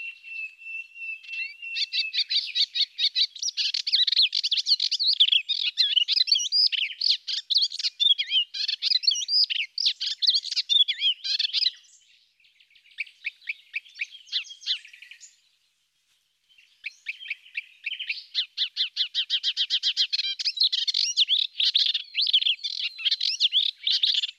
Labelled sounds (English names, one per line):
Melodious Warbler song